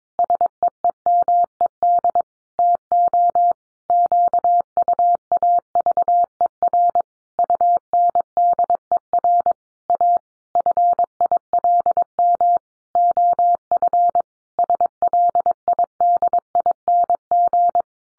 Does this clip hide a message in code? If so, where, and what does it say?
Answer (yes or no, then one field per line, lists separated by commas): yes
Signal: Morse code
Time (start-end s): 0.2-17.8 s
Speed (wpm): 22 wpm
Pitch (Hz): 700 Hz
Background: none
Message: SEEMED TO QUAVER UNDER A FILM OF SLIDING